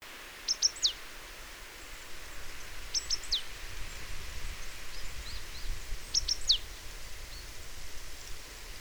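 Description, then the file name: Great tit calls: a crisp three-note phrase, two short high notes then a longer falling one, repeated three times about every three seconds over a low rumbling background. "Parus major"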